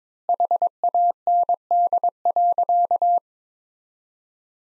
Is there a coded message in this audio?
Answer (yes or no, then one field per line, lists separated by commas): yes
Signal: Morse code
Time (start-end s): 0.3-3.2 s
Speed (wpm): 22 wpm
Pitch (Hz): 700 Hz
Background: none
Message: HAND.